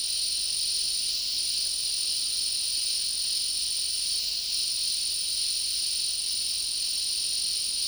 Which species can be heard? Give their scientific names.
none